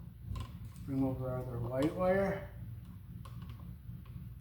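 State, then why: Seated. The plastic wire-clamp lever on the terminal of a Leviton Decora Edge E5325-SW wall receptacle is pressed down and snaps shut with a short, sharp tick at 0.4 s, clamping a white wire pushed fully into its hole. Someone then talks, with a few faint ticks later on. The wire is seated.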